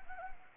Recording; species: mosquito wingbeat signal from an infrared sensor; Anopheles arabiensis